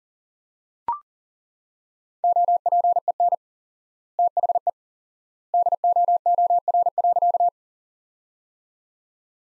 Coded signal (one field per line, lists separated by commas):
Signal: Morse code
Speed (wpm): 40 wpm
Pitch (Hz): 700 Hz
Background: none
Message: OPEN THE DOOR.